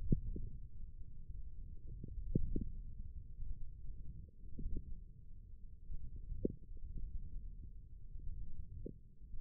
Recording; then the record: forearm muscle sounds (acoustic myography)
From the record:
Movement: forearm pronation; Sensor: system 1, eight BSWA MPA416 microphones around the upper forearm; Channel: 4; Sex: male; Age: 28 years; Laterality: right